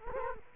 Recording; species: mosquito wingbeat signal from an infrared sensor; Culex quinquefasciatus